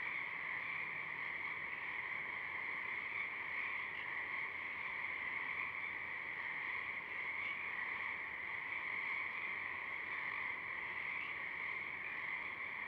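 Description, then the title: Pacific chorus frog chorus, a continuous wall of overlapping calls holding steady throughout, with faint individual notes surfacing now and then. A few Pacific chorus frogs singing at dusk, recorded through a parabolic reflector. "Pacific Chorus Frogs (Pseudacris regilla), dusk, Parabolic"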